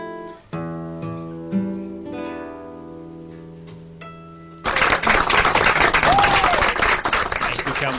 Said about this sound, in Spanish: Últimos aplausos finales del programa. Sí. ¿Cuánta gente que hay ahí, eh? Sí, la verdad que sí, está lleno el estudio.